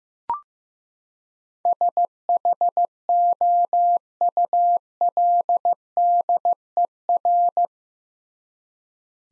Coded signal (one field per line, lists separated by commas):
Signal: Morse code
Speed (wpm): 15 wpm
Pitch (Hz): 700 Hz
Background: none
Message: SHOULDER